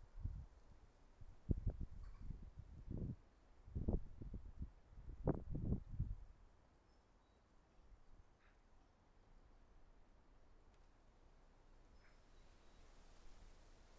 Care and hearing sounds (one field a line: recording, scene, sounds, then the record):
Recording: everyday scene through a hearing-aid microphone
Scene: wind on the microphone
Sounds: wind, traffic, birds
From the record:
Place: suburban garden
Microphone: behind the ear, left, front